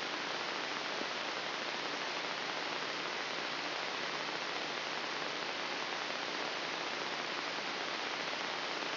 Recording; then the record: brain microelectrode recording played as sound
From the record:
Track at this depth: inside the subthalamic nucleus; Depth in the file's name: 3.308 mm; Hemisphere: left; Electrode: 3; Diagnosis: Parkinson's disease